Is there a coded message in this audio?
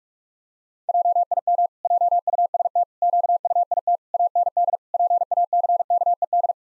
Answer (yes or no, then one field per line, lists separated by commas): yes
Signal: Morse code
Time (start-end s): 0.9-6.5 s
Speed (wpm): 46 wpm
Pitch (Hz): 700 Hz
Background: none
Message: JIM JUST QUIT AND PACKED